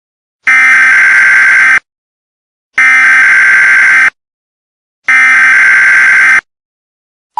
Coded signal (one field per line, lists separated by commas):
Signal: Emergency Alert System (SAME) tones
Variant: header bursts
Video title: A EAS scenario #6 Perry the platypus